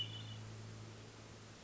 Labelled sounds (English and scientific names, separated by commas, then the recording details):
Hermit Thrush (Catharus guttatus)
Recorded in Sonoma County, California